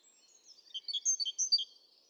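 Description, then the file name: Great tit: a quick burst of thin, high notes alternating in pitch, lasting about a second. "Parus major"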